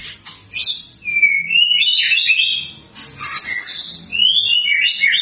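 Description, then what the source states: White-rumped shama song: clear rising and falling whistled phrases with sharp high notes, delivered in two bursts separated by a brief break. Lure sound meant to provoke a response from white-rumped shamas; a bird in full, vigorous song (gacor).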